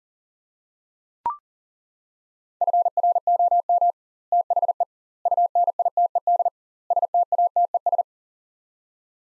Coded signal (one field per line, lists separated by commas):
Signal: Morse code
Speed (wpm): 40 wpm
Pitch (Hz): 700 Hz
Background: none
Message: FROM THE UNITED STATES